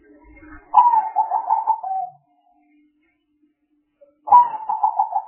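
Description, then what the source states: Spotted dove giving a rough, pulsing coo lasting over a second, then a second coo begins after a pause of about two seconds. Calls of the bird used as a lure (pikat).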